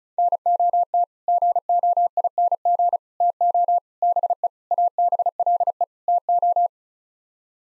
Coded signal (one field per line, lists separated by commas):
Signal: Morse code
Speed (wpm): 34 wpm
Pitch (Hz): 700 Hz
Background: none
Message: NOT GOING TO BE ABLE TO